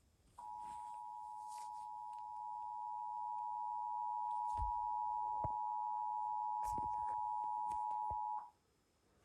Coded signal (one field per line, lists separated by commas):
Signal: Emergency Alert System (SAME) tones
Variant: 853 and 960 Hz attention tone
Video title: EAS: OHX SVR on WNPT (06/15/23)